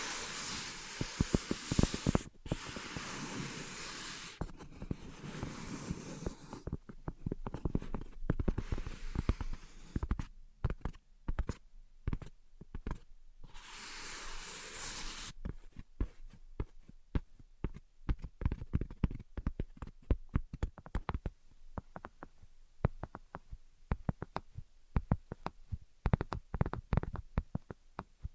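Scratching and tapping with dense rough scraping bursts over the first fifteen seconds, then sparse, irregular sharp clicks and taps to the end.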